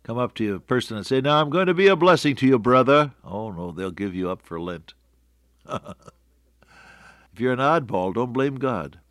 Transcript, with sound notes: Come up to you in person and say, “Now I’m gonna be a blessing to you, brother.” Oh no, they’ll give you up for lent. [chuckle] If you’re not bold, don’t blame God.